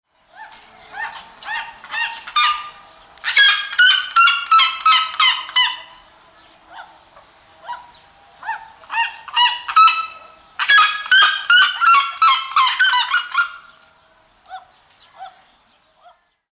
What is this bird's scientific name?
Cariama cristata